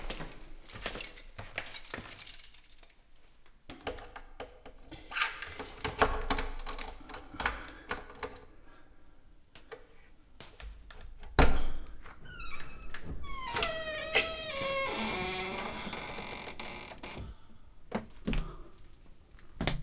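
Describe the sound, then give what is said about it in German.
Metallic clicks and jangles of the key to number 10 being drawn out and turned in a lock in a building on Rue Payan, followed by a heavy thunk and a creaking, squealing door swinging open, then a few more knocks. “Ich zog den Schlüssel von Nummer 10 heraus, den ich bei meinem K.O. mitgenommen hatte, und öffnete.”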